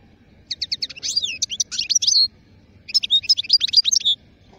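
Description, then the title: European goldfinch song: two bursts of fast, tinkling, liquid twitters and buzzy trills, opening with a few rapid repeated notes, separated by a short pause. Wild goldfinch; the Arabic title calls its song among the most beautiful. "اجمل غناءالحسون الخلويchant chardonneret sauvage"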